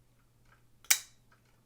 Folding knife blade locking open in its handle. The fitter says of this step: It has a really nice click to it when you kick that flipper tab open and that thing clicks into, just listen.